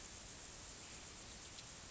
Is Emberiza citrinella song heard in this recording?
no